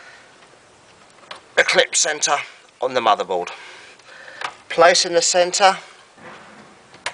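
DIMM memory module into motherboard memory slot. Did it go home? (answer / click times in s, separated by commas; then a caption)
yes / 7.1 s. Someone talks while a DIMM memory module, its off-centre notch lined up with the motherboard memory slot in a Dell GX520/GX620, is pushed down firmly until the plastic retaining clips snap shut. A sharp click at 7.1 s marks the module seating home.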